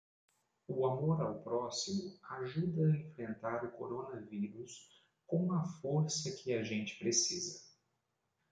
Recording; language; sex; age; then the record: spoken sentence; Brazilian Portuguese; male; 40 to 49 years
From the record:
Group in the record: control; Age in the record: 41 years